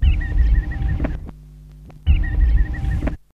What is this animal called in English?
Cape Long-billed Lark